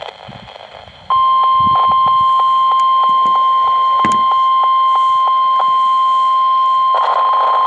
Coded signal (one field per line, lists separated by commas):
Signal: Emergency Alert System (SAME) tones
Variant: 1050 Hz attention tone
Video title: WXL52 Weekly Test (11/24/21)(EAS 995)